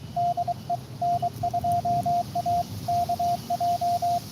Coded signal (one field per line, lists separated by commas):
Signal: Morse code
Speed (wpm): 23 wpm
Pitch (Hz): 700 Hz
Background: radio noise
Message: DE N2AKJ